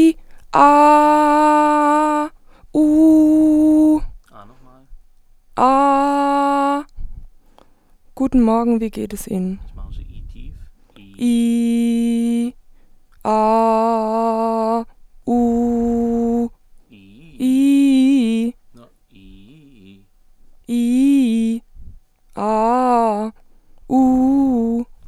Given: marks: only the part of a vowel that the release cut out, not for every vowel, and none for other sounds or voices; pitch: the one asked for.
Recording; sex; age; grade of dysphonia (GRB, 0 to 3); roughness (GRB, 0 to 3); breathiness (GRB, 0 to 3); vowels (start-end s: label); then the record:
sustained vowels; female; 20 to 29 years; 0; 0; 0
0.73-2.06 s: vowel /a/, high pitch
2.83-3.86 s: vowel /u/, high pitch
11.41-12.34 s: vowel /i/, low pitch
13.38-14.62 s: vowel /a/, low pitch
15.44-16.34 s: vowel /u/, low pitch
20.74-21.49 s: vowel /i/, low-high-low pitch
22.45-23.20 s: vowel /a/, low-high-low pitch
23.98-24.73 s: vowel /u/, low-high-low pitch
From the record:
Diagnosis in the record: healthy voice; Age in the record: 23 years